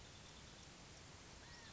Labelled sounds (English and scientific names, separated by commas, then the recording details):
California Quail (Callipepla californica)
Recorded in Sonoma County, California